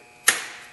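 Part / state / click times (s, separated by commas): engine hose line quick connector onto valve cover fitting / seated / 0.3 s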